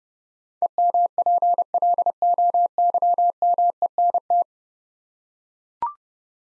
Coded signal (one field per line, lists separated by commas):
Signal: Morse code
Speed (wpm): 30 wpm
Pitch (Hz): 700 Hz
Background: none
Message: EMPLOYMENT